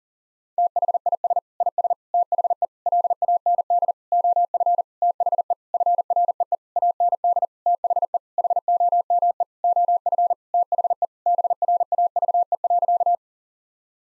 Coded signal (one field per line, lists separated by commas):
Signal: Morse code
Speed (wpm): 37 wpm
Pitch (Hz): 700 Hz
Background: none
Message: THIS IS THE LAND OF THE FREE AND THE HOME OF THE BRAVE.